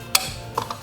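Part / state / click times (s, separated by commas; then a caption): fuel filler cap on the car's fuel filler neck / torque reached / 0.1 s, 0.6 s. A plastic fuel filler cap on a 2020 Nissan Versa is screwed back onto the fuel filler neck and turned until its ratchet clutch clicks at its set tightness, since a cap that isn't clicked tight can make the check engine light come on. Sharp ratchet clicks are heard at 0.2 s and 0.6 s, showing the cap is tightened.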